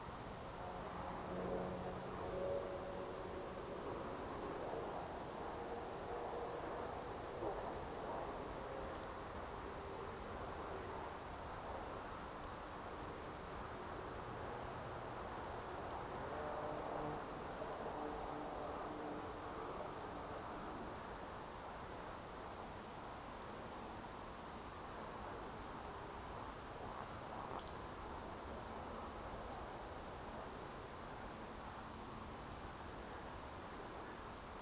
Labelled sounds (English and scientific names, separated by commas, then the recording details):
Eurasian Woodcock (Scolopax rusticola)
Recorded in Baden-Württemberg, Germany, on 27 June 2020 at 20:31 UTC
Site 43791, 788 m above sea level